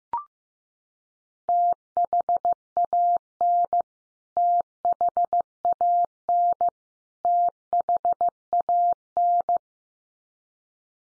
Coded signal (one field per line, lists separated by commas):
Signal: Morse code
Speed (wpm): 15 wpm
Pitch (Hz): 700 Hz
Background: none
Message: THAN THAN THAN